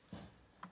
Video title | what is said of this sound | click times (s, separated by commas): Wiring - 601 Time Switch | now that we've made all of our terminations we can close the safety door until it snaps | 0.6 s